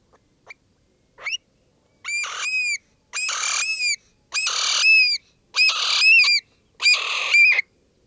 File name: oedicneme criard